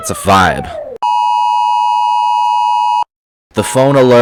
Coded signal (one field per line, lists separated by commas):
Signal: Emergency Alert System (SAME) tones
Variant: 853 and 960 Hz attention tone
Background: speech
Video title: I'm Rating EAS Alarms From Different Countries